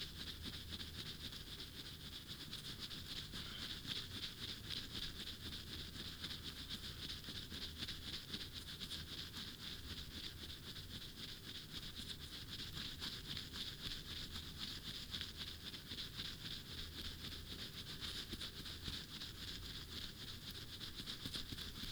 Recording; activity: daily activity, guitar pickup as the sensor; brush teeth